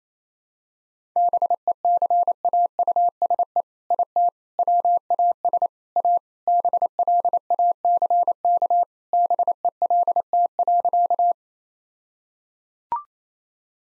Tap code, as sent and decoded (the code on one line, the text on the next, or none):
none